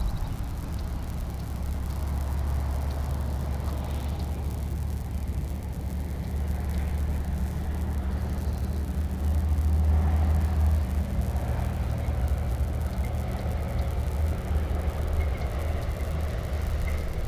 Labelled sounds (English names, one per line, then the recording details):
Common Chiffchaff song
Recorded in the wild
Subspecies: collybita
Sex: male
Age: adult
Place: Zwischen St. Girons und Foix, Südfrankreich, Midi-Pyrénées, FR
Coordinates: 43.0061, 1.525
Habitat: shrubbery
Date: 1964-05-08 12:30
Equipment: Nagra III PH, dynamisches Mikrophon, LGS26
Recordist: Schneider, Hans-Joachim